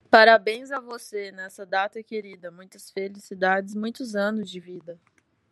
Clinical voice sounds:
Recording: short text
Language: Brazilian Portuguese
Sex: female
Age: 30 to 39 years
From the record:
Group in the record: control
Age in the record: 30 years

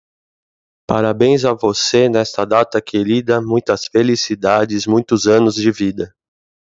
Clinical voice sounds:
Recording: short text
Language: Brazilian Portuguese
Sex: male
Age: 40 to 49 years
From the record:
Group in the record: control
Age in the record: 44 years

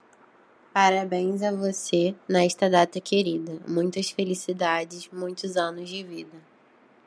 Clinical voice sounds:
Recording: short text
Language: Brazilian Portuguese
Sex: female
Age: 20 to 29 years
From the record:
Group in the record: control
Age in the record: 20 years

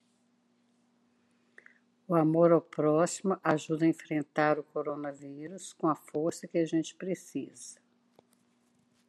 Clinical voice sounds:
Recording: spoken sentence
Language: Brazilian Portuguese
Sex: female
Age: 60 to 69 years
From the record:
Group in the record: control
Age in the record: 63 years

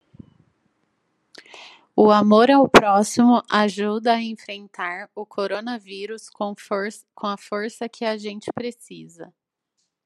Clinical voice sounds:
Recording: spoken sentence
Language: Brazilian Portuguese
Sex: female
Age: 20 to 29 years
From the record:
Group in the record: control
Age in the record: 29 years

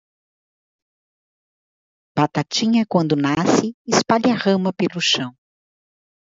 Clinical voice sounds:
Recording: short text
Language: Brazilian Portuguese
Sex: female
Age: 40 to 49 years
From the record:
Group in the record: control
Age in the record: 45 years

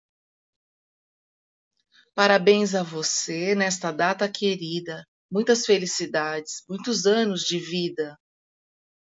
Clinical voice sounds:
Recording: short text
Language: Brazilian Portuguese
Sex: female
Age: 40 to 49 years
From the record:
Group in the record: control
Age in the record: 49 years

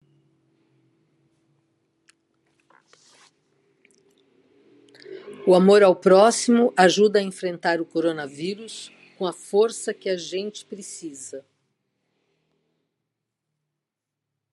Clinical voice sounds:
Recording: spoken sentence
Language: Brazilian Portuguese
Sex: female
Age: 60 to 69 years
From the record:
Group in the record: control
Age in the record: 66 years

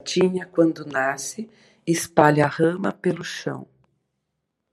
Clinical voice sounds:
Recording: short text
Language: Brazilian Portuguese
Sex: female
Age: 50 to 59 years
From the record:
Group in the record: control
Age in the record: 56 years

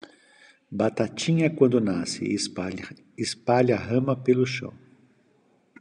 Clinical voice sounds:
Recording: short text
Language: Brazilian Portuguese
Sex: male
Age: 50 to 59 years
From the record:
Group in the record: control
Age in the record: 55 years

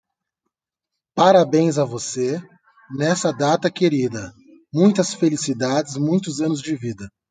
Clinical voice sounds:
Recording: short text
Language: Brazilian Portuguese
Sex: male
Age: 30 to 39 years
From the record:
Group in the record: control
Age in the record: 37 years

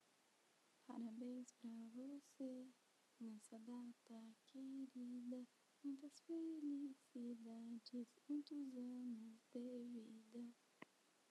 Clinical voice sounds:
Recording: short text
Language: Brazilian Portuguese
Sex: female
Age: 20 to 29 years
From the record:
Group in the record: control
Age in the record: 20 years

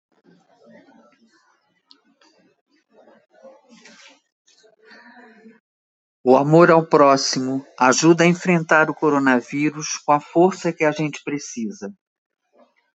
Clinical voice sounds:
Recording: spoken sentence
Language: Brazilian Portuguese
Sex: female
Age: 70 to 79 years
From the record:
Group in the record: control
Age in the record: 72 years

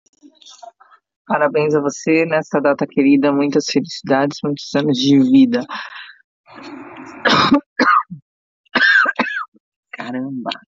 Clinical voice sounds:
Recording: short text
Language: Brazilian Portuguese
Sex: female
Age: 50 to 59 years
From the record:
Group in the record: control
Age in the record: 52 years

